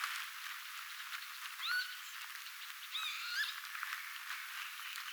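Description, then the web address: Northern lapwing calling: slurred, wheezy notes swooping up and down, two bursts a second or so apart, over a hissy background. Recorded 11 June 2025. "11 6 2025 toyhtohyyppaemon aantelya"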